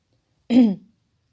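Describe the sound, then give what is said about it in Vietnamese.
A single light cough from a man raising his hand, a brief throat-clearing sound lasting under half a second, voiced and low-pitched with a raspy edge, standing alone in silence. “Hắn giơ tay ho nhẹ một tiếng.”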